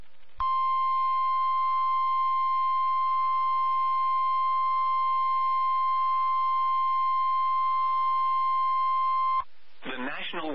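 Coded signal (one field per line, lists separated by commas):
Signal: Emergency Alert System (SAME) tones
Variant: 1050 Hz attention tone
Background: speech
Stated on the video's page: Severe Thunderstorm Warning from NOAA Weather Radio station in Milwaukee, WI.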